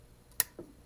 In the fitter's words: There it is. If you don't hear that click, you haven't pushed it in far enough,